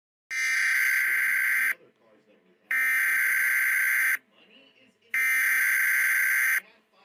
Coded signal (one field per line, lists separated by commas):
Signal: Emergency Alert System (SAME) tones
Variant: header bursts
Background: speech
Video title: EAS Scenario-- VIBE CHECK